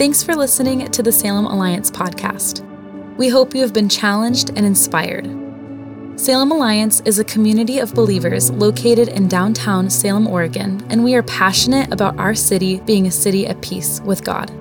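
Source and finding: Adult female announcer. Normal voice.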